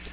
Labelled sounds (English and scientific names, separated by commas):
Black-throated Green Warbler (Setophaga virens) flight call